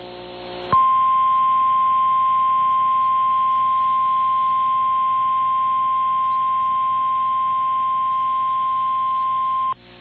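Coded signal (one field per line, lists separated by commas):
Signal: Emergency Alert System (SAME) tones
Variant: 1050 Hz attention tone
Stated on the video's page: SAME tones relayed by a Spokane TV station, captured directly from a Dish Network HD DVR receiver box via HDMI capture.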